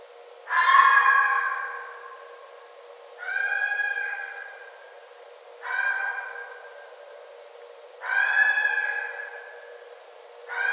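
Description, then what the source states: Red fox calls: four hoarse, harmonic wails and the start of a fifth, repeated roughly every two and a half seconds over a quiet background. Recorded 9 December 2011.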